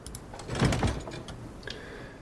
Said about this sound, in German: Ich öffne den Riegel quasi, den er da vorgeschoben hat, und ziehe beide schnell rein und verschließe schnell wieder die Tür.